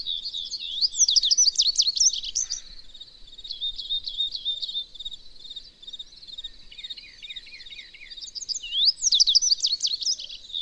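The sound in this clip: Bird song of high, fast twittering and swept whistles, broken by softer trilled phrases and brief gaps, then a bright rising burst near the end.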